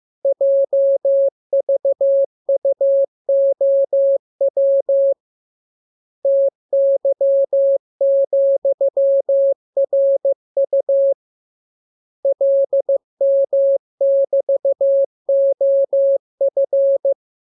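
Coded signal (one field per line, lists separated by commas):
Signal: Morse code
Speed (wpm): 15 wpm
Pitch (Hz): 550 Hz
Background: none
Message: JVUOW TY,RU LM<BT>OF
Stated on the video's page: Morse lesson drill of letters, numbers, punctuation and Q-codes for amateur radio; each radiogram begins with VVV and a section sign and ends with AR.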